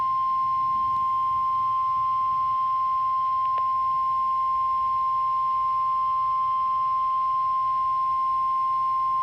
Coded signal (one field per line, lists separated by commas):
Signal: Emergency Alert System (SAME) tones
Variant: 1050 Hz attention tone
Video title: Environment Canada - EAS #3: Severe Thunderstorm Warning 21/05/22